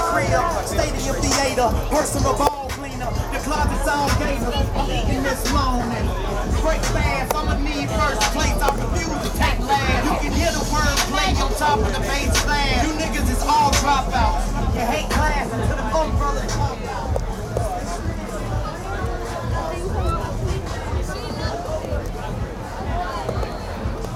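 A night walk through the Glastonbury festival grounds, with a steady crowd hubbub of many overlapping voices and chatter throughout. A heavy low thump of distant-sounding music runs underneath continuously, with a brief dip in the noise around two seconds in.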